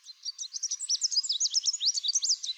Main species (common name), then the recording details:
Chestnut-capped Warbler. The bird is a male. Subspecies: delattrii. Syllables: 22. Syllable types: 20. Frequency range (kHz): 2.9-8.1 kHz. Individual CR-YSN-M